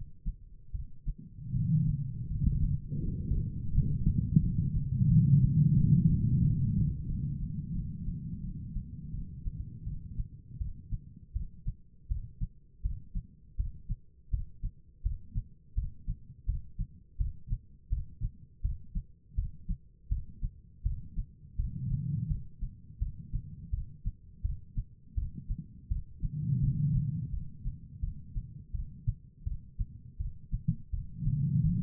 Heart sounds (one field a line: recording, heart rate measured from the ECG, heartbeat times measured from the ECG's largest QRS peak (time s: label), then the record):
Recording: heart sounds by stethoscope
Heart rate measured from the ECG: 83 bpm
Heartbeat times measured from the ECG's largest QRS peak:
0.72 s: heartbeat
1.53 s: heartbeat
2.28 s: heartbeat
3.00 s: heartbeat
3.72 s: heartbeat
4.41 s: heartbeat
5.08 s: heartbeat
5.75 s: heartbeat
6.41 s: heartbeat
7.06 s: heartbeat
7.73 s: heartbeat
8.42 s: heartbeat
9.12 s: heartbeat
9.84 s: heartbeat
10.59 s: heartbeat
11.33 s: heartbeat
12.08 s: heartbeat
12.82 s: heartbeat
13.57 s: heartbeat
14.30 s: heartbeat
15.03 s: heartbeat
15.75 s: heartbeat
16.46 s: heartbeat
17.18 s: heartbeat
17.89 s: heartbeat
18.62 s: heartbeat
19.35 s: heartbeat
20.09 s: heartbeat
20.83 s: heartbeat
21.57 s: heartbeat
22.28 s: heartbeat
22.99 s: heartbeat
23.71 s: heartbeat
24.42 s: heartbeat
25.15 s: heartbeat
25.89 s: heartbeat
26.60 s: heartbeat
27.31 s: heartbeat
28.01 s: heartbeat
28.72 s: heartbeat
29.44 s: heartbeat
30.18 s: heartbeat
30.91 s: heartbeat
31.62 s: heartbeat
From the record:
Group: healthy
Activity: rest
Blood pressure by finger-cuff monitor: 115/96 mmHg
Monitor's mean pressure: 105 mmHg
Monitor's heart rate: 82 bpm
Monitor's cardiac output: 4.5 L/min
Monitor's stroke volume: 55 mL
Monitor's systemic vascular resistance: 1720 dyn s/cm5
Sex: female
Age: 51 years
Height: 162 cm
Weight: 70.04 kg